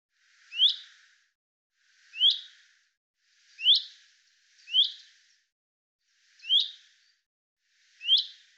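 Common chaffinch call notes, six brief bright rising chips spaced roughly every one to nearly two seconds, with no other sounds.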